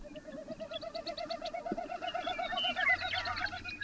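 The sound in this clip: Bird song: evenly repeated rolling, wavering notes throughout, with brighter chirps and whistles layered in the second half.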